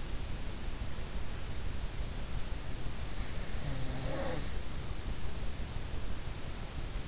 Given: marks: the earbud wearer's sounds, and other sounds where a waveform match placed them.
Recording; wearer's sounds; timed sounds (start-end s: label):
sounds in sleep by an in-ear microphone; snoring breath
3.20-4.75 s: snoring breath